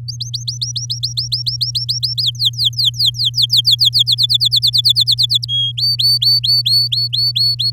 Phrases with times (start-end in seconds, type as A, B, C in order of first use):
0.08-2.23 A, 2.24-4.03 B, 4.06-5.46 C, 5.48-5.72 D, 5.77-7.71 E